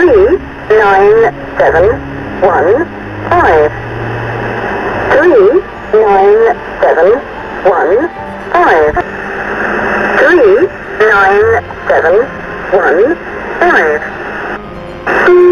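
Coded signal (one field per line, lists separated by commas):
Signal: numbers station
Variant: Lincolnshire Poacher, English female voice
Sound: synthetic female voice reading digits in evenly spaced groups over shortwave static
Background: radio static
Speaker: First, a short segment of the folk song, the Lincolnshshire Poacher, then a pause, then the voice. 9 7 1 5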